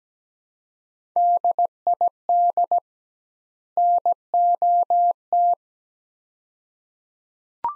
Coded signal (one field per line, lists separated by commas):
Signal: Morse code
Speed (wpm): 17 wpm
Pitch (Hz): 700 Hz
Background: none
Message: DID NOT